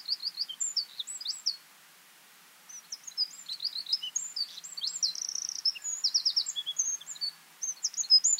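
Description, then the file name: Eurasian wren song in high, hurried twitters and trills, broken by a short silence before a longer, energetic run of notes. "Troglodytes troglodytes"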